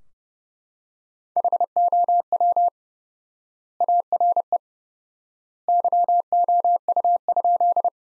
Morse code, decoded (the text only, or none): HOW ARE YOU?